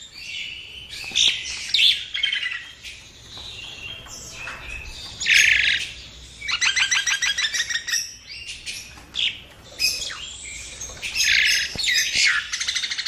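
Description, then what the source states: Bird song made of bursts of bright chirps, rapid buzzy trills and squawky notes, alternating with brief pauses throughout. Masteran: compilation of bird songs used as training songs for cage birds.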